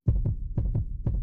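Quick, deep paired lub-dub thumps over a low hum, about 120 beats a minute: the racing heartbeat of an adult woman asked whether she will be able to maintain her standard of living when she retires.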